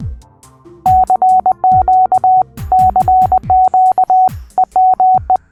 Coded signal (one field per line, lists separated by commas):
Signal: Morse code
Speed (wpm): 20 wpm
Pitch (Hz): 750 Hz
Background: music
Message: CQ CQ EME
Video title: WHY QRP??? W2LJ discusses all of the varied activities and contests in Part II